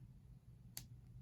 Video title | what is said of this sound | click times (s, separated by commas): Favorite pencils of 2021 to sketch with | and it locks in place so the end also retracts in you just kind of have to untwist the body for that to do it | 0.8 s